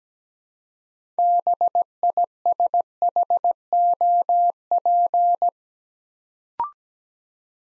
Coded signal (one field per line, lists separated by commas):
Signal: Morse code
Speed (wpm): 17 wpm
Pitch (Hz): 700 Hz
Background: none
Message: BISHOP